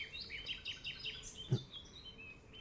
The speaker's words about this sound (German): Der ist ein Fink. Hörst du ihn?